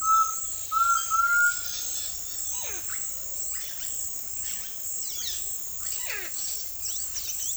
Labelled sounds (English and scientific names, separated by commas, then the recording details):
Undulated Tinamou (Crypturellus undulatus), Blue-headed Parrot (Pionus menstruus), Yellow-rumped Cacique (Cacicus cela), Russet-backed Oropendola (Psarocolius angustifrons), unidentified bird
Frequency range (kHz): Undulated Tinamou (Crypturellus undulatus) 0.8-4.5 kHz; Blue-headed Parrot (Pionus menstruus) 2.0-5.8 kHz; Yellow-rumped Cacique (Cacicus cela) 0.2-4.9 kHz
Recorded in secondary vegetation near Puerto Asís, Putumayo, Colombia, on 21 February 2024 at 17:30
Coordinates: 0.500, -76.326
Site G6428